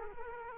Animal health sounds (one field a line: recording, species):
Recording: mosquito wingbeat signal from an infrared sensor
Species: Culex quinquefasciatus